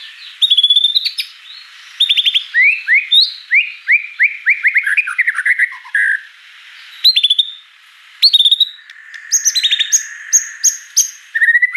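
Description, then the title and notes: White-rumped shama song: clear whistled slurs tumbling downward in a quick series, then sharp chips and high piercing notes in separate bursts. Lure audio meant to provoke singing, described as gacor (actively singing) with rich, elaborate isian (mimicked fill phrases). "Pancingan Gacor Murai Batu Bongkar Isian Mewah. Audio Murai Batu Dongfeng"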